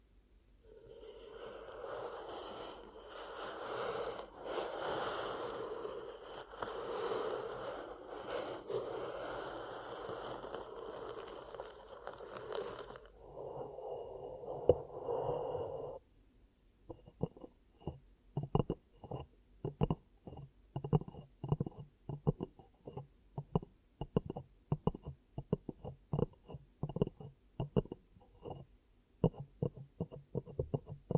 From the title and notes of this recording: ASMR 10 Ear Cupping Triggers for Deep Sleep & Relaxation (No Talking).